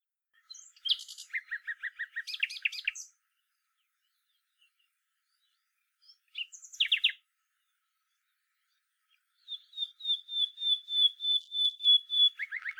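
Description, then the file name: Common nightingale song: churring trills and a short burst, then a long series of pure whistled notes repeating steadily and growing louder before a final trill. "Luscinia megarhynchos"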